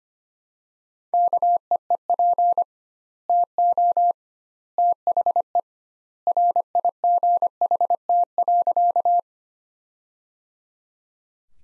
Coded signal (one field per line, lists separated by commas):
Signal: Morse code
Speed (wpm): 25 wpm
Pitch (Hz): 700 Hz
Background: none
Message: KEEP TO THE RIGHT.